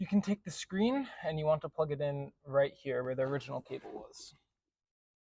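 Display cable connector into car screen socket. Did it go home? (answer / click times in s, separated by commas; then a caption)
no / none. Someone talks while the cable of an aftermarket Apple CarPlay screen for a BMW M4, M3, 4 Series or 3 Series is handled and brought to the socket where the original cable was. No click is heard, and nothing has seated or clicked yet.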